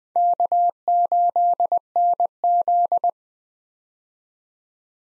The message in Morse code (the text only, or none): K8NZ